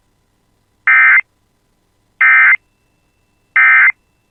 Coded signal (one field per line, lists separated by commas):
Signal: Emergency Alert System (SAME) tones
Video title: [EAS] Severe Thunderstorm Warning for Hubbard County (South of Bemidji) (7/6/26)